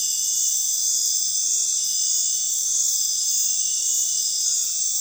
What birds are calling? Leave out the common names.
none